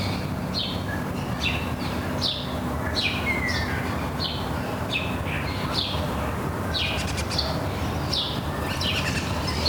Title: Les Jardins de Carthage - Sidi Daoud, Tunis, Tunisie - Morning birds